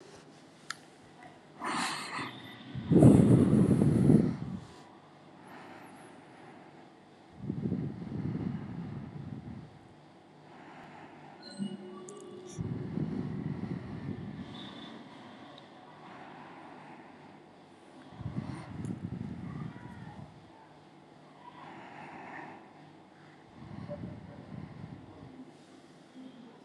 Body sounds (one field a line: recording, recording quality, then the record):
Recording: deep breathing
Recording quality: excellent, no background noise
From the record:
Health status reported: healthy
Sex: male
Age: 42 years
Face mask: not worn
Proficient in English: yes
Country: India